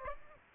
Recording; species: mosquito wingbeat signal from an infrared sensor; Aedes aegypti